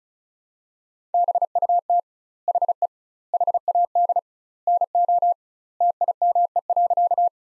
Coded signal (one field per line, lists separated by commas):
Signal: Morse code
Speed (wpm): 34 wpm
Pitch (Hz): 700 Hz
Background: none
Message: BUT HE HAD NO TIME.